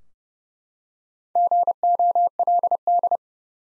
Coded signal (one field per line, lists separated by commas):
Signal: Morse code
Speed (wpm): 31 wpm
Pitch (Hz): 700 Hz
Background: none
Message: GOLD